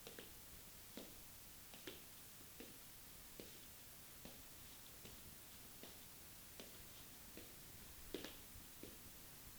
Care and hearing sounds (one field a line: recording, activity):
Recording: daily activity, guitar pickup as the sensor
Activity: walk